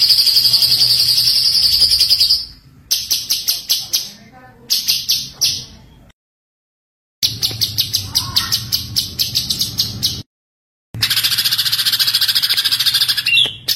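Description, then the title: White-eye song in choppy sections: sharp high pulsed phrases and fast buzzy trills, cut by several abrupt silences, over a faint low hum. Masteran recording of a gacor (continuously singing) white-eye, given as full tembakan song bursts. "Masteran Burung Pleci Gacor Full Tembakan"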